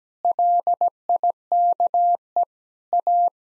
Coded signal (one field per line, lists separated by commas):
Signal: Morse code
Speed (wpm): 17 wpm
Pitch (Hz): 700 Hz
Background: none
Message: LIKE A